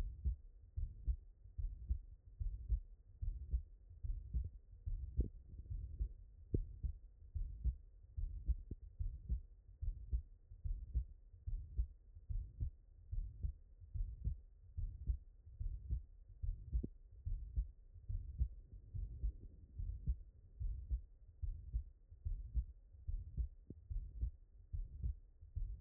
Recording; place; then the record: heart sounds by stethoscope; tricuspid valve (TV)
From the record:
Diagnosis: HFrEF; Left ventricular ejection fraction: 21%